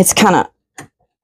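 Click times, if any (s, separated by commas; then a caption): 0.8 s. Someone talks briefly as a resin serving tray tier is pushed onto the metal frame of a three-tier serving stand in a tight fit. A single sharp snap is heard at 0.8 s, and the tier is seated on the frame.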